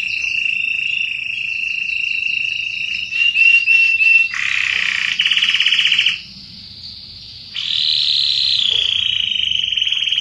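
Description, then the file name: Canary singing a series of rapid trills that change tempo and tone, with a harsh buzzy passage and a short pause before the trilling resumes. Red Belgian canary singing. "canto do canario belga vermelho"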